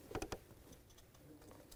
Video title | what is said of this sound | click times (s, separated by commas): How to Replace Oil Pressure Switch 1997-2006 Jeep Wrangler 2.4L L4 | line up the tabs hear it click now I can push down that lock tab | 0.3 s